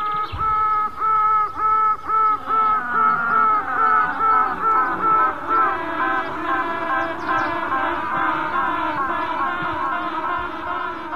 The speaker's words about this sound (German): sie haben tutende Königinnen in ihr Bienenklangprojekt gemischt. Geräusche aus dem Bienenstock, die man nicht vermuten würde.